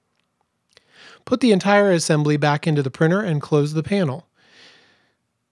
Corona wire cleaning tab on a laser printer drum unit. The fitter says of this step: making sure it snaps into place.